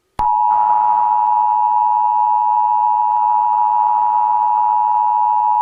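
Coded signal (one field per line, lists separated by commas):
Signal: Emergency Alert System (SAME) tones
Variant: 853 and 960 Hz attention tone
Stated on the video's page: Fictional EAS scenario depicting an east coast tsunami.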